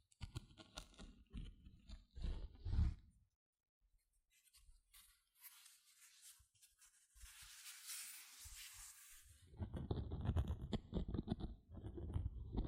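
Gentle scratching comes in rough, rumbling bursts, thins to sparse soft ticks, turns to a hissy brushing near eight seconds, then grows dense again.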